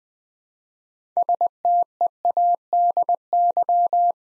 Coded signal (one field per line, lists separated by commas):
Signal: Morse code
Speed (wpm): 20 wpm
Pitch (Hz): 700 Hz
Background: none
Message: STEADY